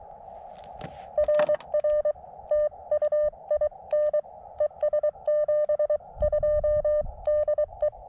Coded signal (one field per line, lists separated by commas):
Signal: Morse code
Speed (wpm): 22 wpm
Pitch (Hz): 590 Hz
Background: none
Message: RR TU IN ES 72 DE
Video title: Exercise in frustration: CW POTA at Letchworth State Park